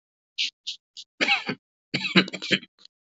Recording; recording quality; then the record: shallow voluntary cough; excellent, no background noise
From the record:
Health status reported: healthy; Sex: male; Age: 50 years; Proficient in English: yes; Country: United States